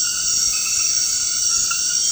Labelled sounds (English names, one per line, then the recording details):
none
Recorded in dense forest near Puerto Asís, Putumayo, Colombia, on 19 February 2024 at 23:00
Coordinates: 0.472, -76.329
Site G6394